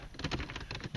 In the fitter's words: and then it clicks in although this one does not click in because again it's an old car